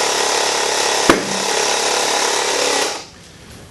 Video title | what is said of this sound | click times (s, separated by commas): Seating A Tubeless Motorcycle Tire Using the BestRest BeadSetR | That loud sound you just heard was the second sidewall popping into place. | 1.1 s